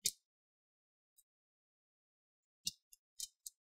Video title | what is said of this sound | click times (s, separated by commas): How to Replace the Battery on DELL Vostro 14 3000 Series Model 3400 - Step-by-Step Guide | you're going to hear those click sounds that's fine those are the tiny Clips are getting loosen so | 0.1 s, 2.7 s, 2.9 s, 3.2 s, 3.5 s